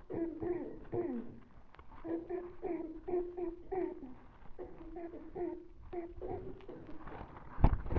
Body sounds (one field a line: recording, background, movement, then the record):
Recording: throat clearing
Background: a bystander coughing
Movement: sitting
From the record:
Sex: female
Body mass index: 18.8 kg/m2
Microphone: on the chest, facing the body